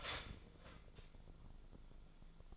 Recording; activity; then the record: daily activity, microphone in the room; start toaster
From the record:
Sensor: 5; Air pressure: 1000.3 hPa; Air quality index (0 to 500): 127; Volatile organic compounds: 2 ppm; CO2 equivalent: 1006 ppm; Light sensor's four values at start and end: 82/192/82/89 and 82/192/82/89